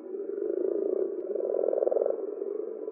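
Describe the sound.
Common frog croaking, a low purring rattle of rapid pulses held steadily for the whole three seconds.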